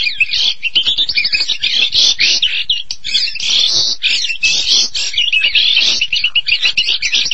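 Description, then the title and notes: Starling song: fast jumbled chatter of squeaky whistles, rattles and harsh notes running nonstop through the whole stretch. "suara burung jalak"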